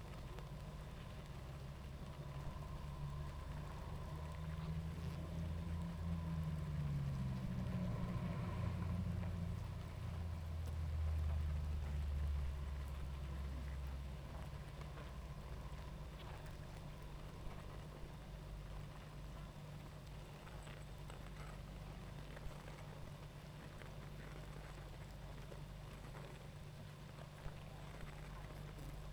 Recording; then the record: honeybee colony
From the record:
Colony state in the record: active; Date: 28 July 2017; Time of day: 19:19